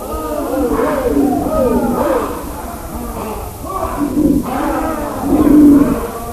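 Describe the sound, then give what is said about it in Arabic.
A lion in a forest roars in a few low, rumbling bursts, mixed with human voices calling and shouting over it; the roars swell loudest toward the end. “شكون سمع؟ زهير أسد وأصوات بشر.”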